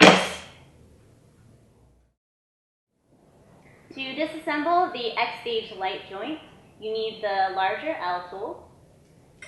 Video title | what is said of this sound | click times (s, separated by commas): The REAL Platinum Stages Star Stand Alone and X-Pole X-Stage Lite Side By Side Demo | You simply slide one end into the other until it locks in place. | 0.0 s